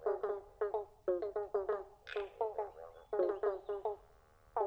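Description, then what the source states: Pobblebonk frog chorus of short, hollow notes in quick, uneven runs, several callers overlapping, with brief pauses between bursts. Several frogs calling together in a chorus.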